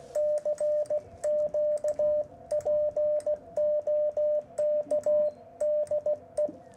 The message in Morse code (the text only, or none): CQ POK DE